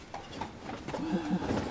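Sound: horse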